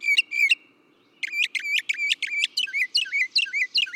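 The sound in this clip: Northern mockingbird song: two harmonic notes, a pause, then a rapid series of chirps changing into quick downslurred notes.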